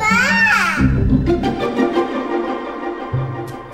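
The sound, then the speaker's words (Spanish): A child's high, wavering cry rises and falls for under a second, then gives way to a steady tonal hum with faint scattered clicks. “Voy a escribir como llora un niño.”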